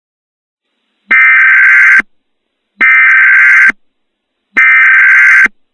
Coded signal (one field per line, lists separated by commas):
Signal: Emergency Alert System (SAME) tones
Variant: header bursts